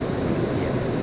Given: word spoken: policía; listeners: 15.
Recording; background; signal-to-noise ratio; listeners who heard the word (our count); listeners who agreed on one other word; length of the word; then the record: one Spanish word in noise, from a listening test; speech-shaped noise; -7.0 dB; 0 of 15; 6 of 15; 0.63 s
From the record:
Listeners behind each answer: 6, 1, 1, 1, 1, 1, 1, 1, 1, 1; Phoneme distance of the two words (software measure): 79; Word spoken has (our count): 4 syllables, 7 phonemes, stress on syllable 3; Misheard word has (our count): 3 syllables, 8 phonemes, stress on syllable 2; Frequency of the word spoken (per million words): 207.12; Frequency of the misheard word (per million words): 22.43